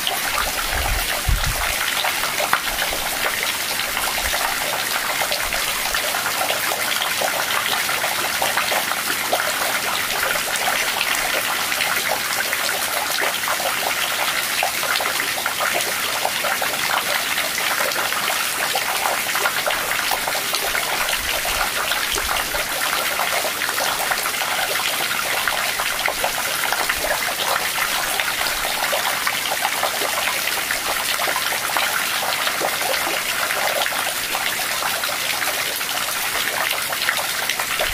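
Rain falls steadily, a dense hiss of countless drops that stays even and bright from start to finish without building or easing. A few faint low thumps come through near the beginning and again around twenty seconds, under the constant patter.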